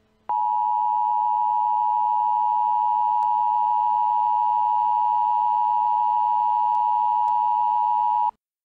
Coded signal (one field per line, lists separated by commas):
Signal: Emergency Alert System (SAME) tones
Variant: 853 and 960 Hz attention tone